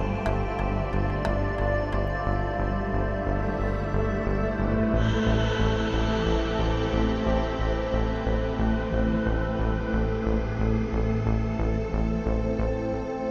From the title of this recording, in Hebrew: פעמוני קושי ונבל חלומות